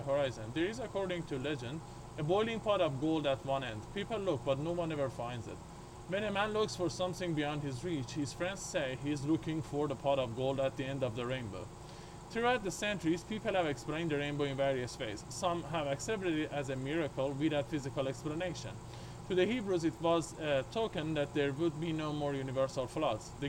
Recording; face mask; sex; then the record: reading aloud; surgical mask; male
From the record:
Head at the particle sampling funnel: tilted up or above it, chin in front of it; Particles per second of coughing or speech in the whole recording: 0.124